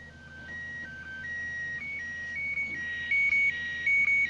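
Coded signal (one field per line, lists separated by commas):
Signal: SSTV (slow-scan television)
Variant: PD180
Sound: steady whistling tones alternating between two pitches, with short regular clicks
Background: radio static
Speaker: on va voir ce que ça donne par contre au début je prévenir l'image est un peu tordu et offert mesure le logiciel veulent gérer et va leur remettre droit donc c'est parti alors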